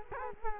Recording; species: mosquito wingbeat signal from an infrared sensor; Culex quinquefasciatus